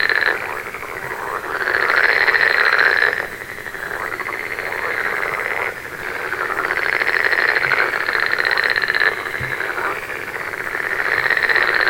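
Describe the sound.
Frog chorus of continuous rattling croaks, swelling and fading in long bursts of a few seconds each, over steady background hiss.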